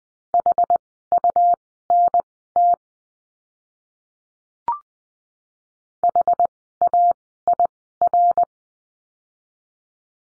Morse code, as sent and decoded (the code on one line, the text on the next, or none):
.... ..- -. - / .... .- .. .-.
HUNT HAIR